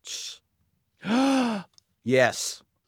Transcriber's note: gasp!